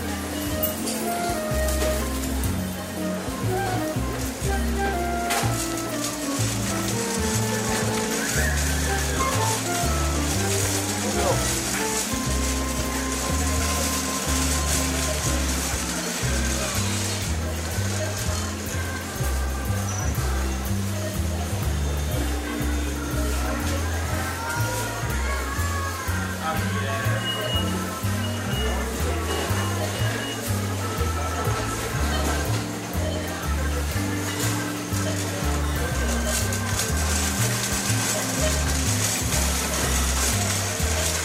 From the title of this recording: Shopscape